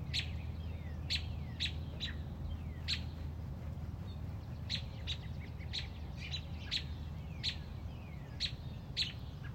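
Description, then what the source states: Robin giving a steady series of sharp, high chip notes, some close together, with faint falling slurred notes and a continuous low hum. Mother robin on a front porch, protecting a newly hatched baby robin.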